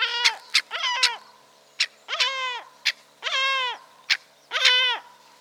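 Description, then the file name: Yellow-legged gull giving harsh, nasal alarm calls, each bending up then down, mixed with sharp clipped notes, roughly one call per second. Guttural alarm calls. "Goéland leucophée (Larus michahellis) - Alarmes gutturales"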